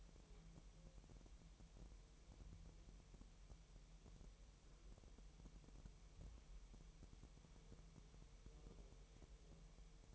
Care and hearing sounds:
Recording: daily activity, microphone in the room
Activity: wipe stove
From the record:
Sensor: 1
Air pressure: 1001.0 hPa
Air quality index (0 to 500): 249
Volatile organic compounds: 151 ppm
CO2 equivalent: 4026 ppm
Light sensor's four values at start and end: 12/29/12/13 and 12/29/12/13

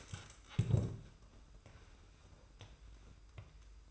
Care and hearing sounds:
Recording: daily activity, microphone in the room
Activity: stand up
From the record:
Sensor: 2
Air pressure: 990.4 hPa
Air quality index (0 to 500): 182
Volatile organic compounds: 1000 ppm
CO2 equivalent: 5777 ppm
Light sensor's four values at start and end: 27/64/26/26 and 30/66/28/28

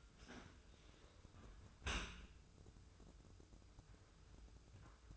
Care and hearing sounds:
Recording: daily activity, microphone in the room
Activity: close dishwasher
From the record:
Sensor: 2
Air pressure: 995.6 hPa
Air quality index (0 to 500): 96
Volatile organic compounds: 5 ppm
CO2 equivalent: 1762 ppm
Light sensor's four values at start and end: 25/80/32/30 and 25/80/32/30

